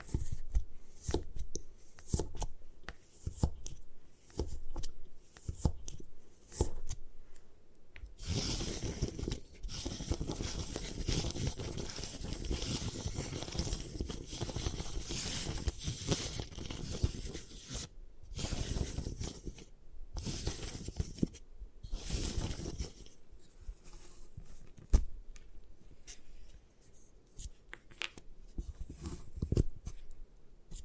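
Gym chalk being crushed and crumbled, with dry scraping and gritty crunching. It starts with short separate crunches, then from about 8 to 18 seconds becomes a dense, continuous grinding rustle, and eases back into intermittent crumbling with pauses, plus one sharp tap near 25 seconds.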